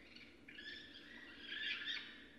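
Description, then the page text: Northern raccoon giving a drawn-out, wavering squeal that swells louder and harsher toward the end. Wild raccoons at night on 4 January 2012, picked up by a remotely placed recorder; raccoons often scuffle and fight as they travel their territory. "Raccoon 2012 01 04. The Northern Raccoon (Procyon lotor)"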